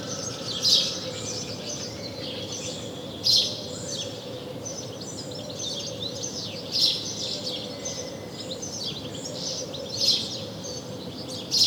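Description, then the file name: House sparrow chirps, loud single notes spaced about three seconds apart, with faint twittering and a low steady hum behind. "Passer domesticus"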